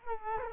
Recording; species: mosquito wingbeat signal from an infrared sensor; Culex quinquefasciatus